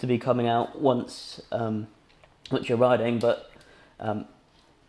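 Someone talks while handling the quick-release axle clamp lever on a Tacx Flow Smart Trainer bicycle turbo trainer, which holds the bike's rear axle. Only speech is heard; the lever has not yet clicked locked, and nothing has seated.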